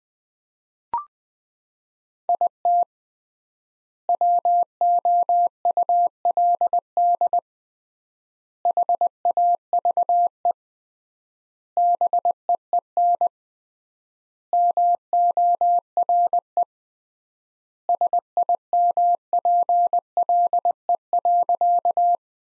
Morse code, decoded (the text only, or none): IT WOULD HAVE BEEN MORE SIMPLE.